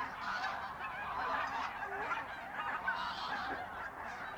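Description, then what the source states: Goose: geese giving a steady chorus of overlapping honks from many birds, no single call standing clear for long. Geese at the re-naturalised Polder Glies, Sellstedt, Germany, 9 November 2020; binaural ORTF pair of t.bone SC 140 microphones with Rycote windjammer, TASCAM DR100 MK3.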